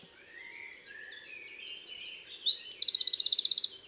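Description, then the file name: Eurasian wren: quick high twitters building steadily, then a loud, rapid, metallic trill that runs to the end. "Troglodytes troglodytes 301298"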